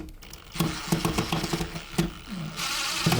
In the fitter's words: there we go and that one's actually turned a little you could hear it clicking you don't want to make that noise you want be careful